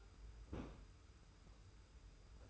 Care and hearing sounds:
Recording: daily activity, microphone in the room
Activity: place on stove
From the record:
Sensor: 2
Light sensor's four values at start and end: 35/103/40/39 and 35/103/40/39

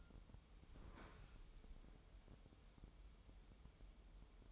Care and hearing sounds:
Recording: daily activity, microphone in the room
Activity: open fridge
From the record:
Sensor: 1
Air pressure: 988.4 hPa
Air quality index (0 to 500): 199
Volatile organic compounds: 1000 ppm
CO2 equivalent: 5314 ppm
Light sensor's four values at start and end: 26/97/37/38 and 26/97/37/38

